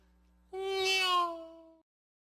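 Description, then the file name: Cat meow, one drawn-out harmonic mew just over a second long, steady then slowly fading at the end, over a faint low hum. "nyau"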